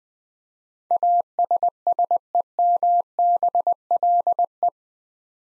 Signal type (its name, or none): Morse code